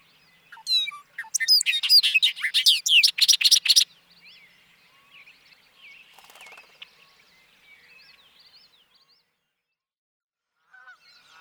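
Bobolink song: a rapid, bubbling jumble of metallic, tinkling notes over about three seconds, followed by faint chatter and a brief note at the end.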